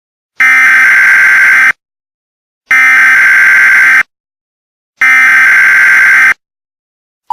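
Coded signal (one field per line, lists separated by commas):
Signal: Emergency Alert System (SAME) tones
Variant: header bursts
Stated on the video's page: Fictional EAS broadcast made for an alternate-history story, not a real alert.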